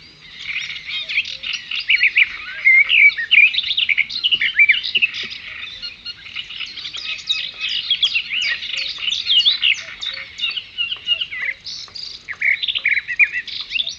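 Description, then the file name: Birds sing continuously in a dense chorus of high chirps, trills and quick twittering notes that overlap throughout. At a brook. "birds at the brook"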